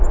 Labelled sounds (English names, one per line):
Hermit Warbler flight call